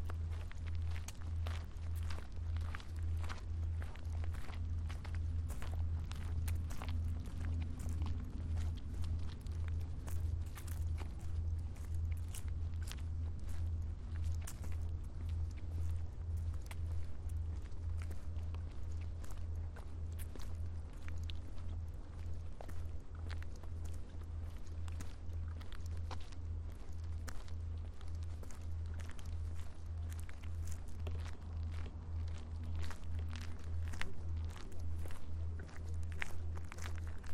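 A walk through a neighbourhood, with footsteps ticking along at a brisk, even pace for the whole stretch. Underneath runs a steady low rumble of traffic that pulses slightly but never lets up.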